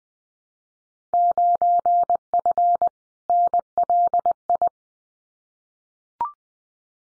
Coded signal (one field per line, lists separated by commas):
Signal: Morse code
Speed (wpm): 20 wpm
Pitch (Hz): 700 Hz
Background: none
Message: 9F NLI